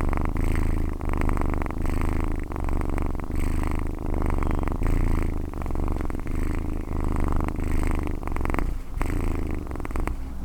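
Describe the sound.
Cat purring steadily, a continuous low rumbling throb.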